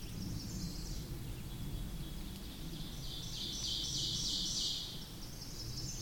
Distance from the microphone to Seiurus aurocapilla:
about 40 m